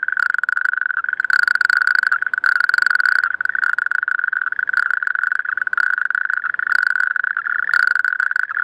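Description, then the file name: Natterjack toad giving a dense, unbroken rattling trill at one steady pitch. "rugstreeppad geluid"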